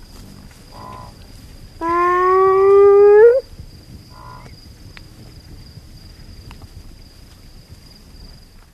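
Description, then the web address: Spotted hyena giving one rising whoop amid a quiet stretch, with brief soft hums before and after and a faint constant high whine. "earth naturelibrary assets s sp spotted hyena"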